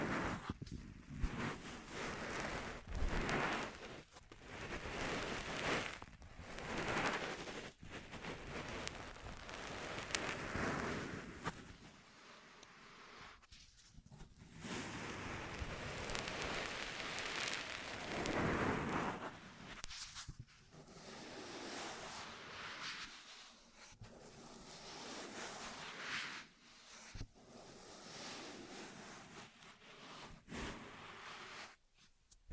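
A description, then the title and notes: Ear massage sounds: dense, rustling rubbing that comes in long sweeps of a few seconds each, with a soft low rumble underneath. Short quiet breaks cut in repeatedly, around 12, 20, 24, 27 and 32 seconds, before the friction resumes. ASMR 10 Ear Massages for Sleep (No Talking).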